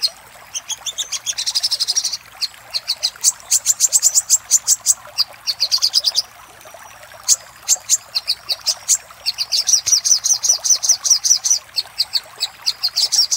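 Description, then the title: Little spiderhunter delivering fast trains of piercing high notes, phrases of varying speed separated by short gaps, throughout. Master recording used for training cage birds, labelled 'Labaik'. "Masteran Burung Sogok Ontong Labaik"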